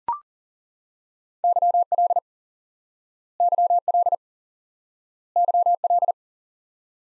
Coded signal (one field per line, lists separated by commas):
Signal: Morse code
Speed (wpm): 40 wpm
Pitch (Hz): 700 Hz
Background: none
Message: YL YL YL